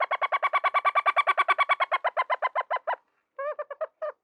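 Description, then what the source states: Pale chanting goshawk giving a fast run of many piping chirps, then a brief pause and a few more notes. A high chirp.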